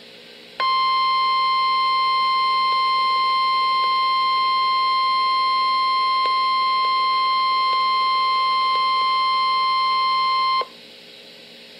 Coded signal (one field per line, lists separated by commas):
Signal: Emergency Alert System (SAME) tones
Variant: 1050 Hz attention tone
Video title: RWT on NOAA weather radio